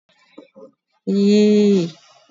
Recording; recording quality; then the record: sustained vowel as in beet; excellent, no background noise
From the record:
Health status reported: COVID-19 positive, mild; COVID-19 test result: positive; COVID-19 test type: RT-PCR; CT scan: not taken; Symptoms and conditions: cough, fatigue, loss of smell and taste, hypertension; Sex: female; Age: 48 years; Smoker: no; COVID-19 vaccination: none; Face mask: worn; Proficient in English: yes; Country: India